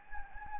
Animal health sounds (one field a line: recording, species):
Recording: mosquito wingbeat signal from an infrared sensor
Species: Anopheles gambiae